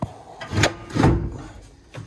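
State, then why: Seated. Someone works the metal slider track of a fabricated Kirkey race seat bracket in a 1972 C3 Corvette by hand, struggling with it through scraping, sliding rubs. The track latch engages with a sharp click at 0.6 s and locks into place, followed by another drawn-out scrape and a faint knock near 1.9 s.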